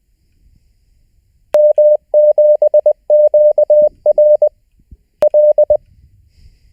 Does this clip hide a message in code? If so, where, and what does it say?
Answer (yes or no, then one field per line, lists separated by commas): yes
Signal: Morse code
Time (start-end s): 1.5-5.8 s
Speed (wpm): 20 wpm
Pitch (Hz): 600 Hz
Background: none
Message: M7QRL